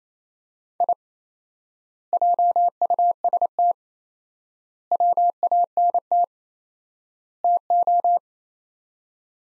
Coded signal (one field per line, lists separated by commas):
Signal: Morse code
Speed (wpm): 27 wpm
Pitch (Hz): 700 Hz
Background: none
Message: I JUST WANT TO